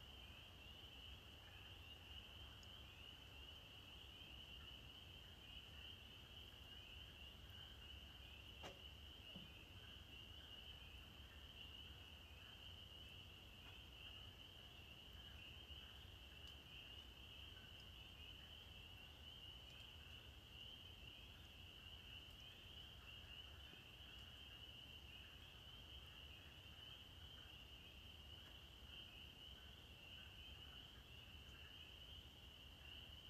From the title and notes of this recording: Stand on the porch with me and listen to the most glorious, joyful sound in Maine at the moment. It is the sound of the spring peepers, or pseudacris crucifer, which have finally come back to life after their long winter freeze. Their song begins at dusk and sounds rather like sleigh bells from deep in the woods. Its the male peepers singing their hearts out.